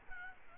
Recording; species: mosquito wingbeat signal from an infrared sensor; Aedes albopictus